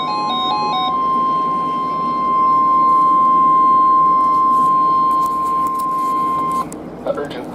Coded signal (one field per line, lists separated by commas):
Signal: Emergency Alert System (SAME) tones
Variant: 1050 Hz attention tone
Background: speech, music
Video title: Two In One Combo - EAS Alerts From 6/14/2022 & 6/16/2022 (EAS #35-46)